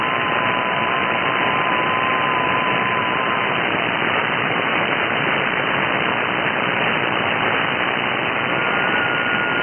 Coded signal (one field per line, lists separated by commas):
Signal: FT8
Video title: Is SHORTWAVE Radio still worth it?